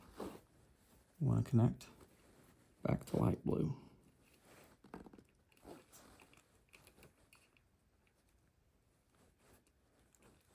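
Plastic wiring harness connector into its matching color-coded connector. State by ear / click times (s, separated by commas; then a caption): not seated / none. While assembling a dirt bike's wiring, a light-blue plastic wiring harness connector is pushed toward its matching light-blue color-coded connector as someone talks. Only faint short handling ticks are heard under the speech, and the connector has not seated or clicked into place yet.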